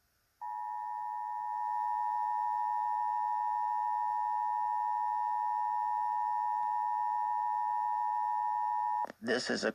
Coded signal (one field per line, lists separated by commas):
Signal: Emergency Alert System (SAME) tones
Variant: 853 and 960 Hz attention tone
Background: speech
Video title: (EAS #1) Required Monthly Test on WKAR-FM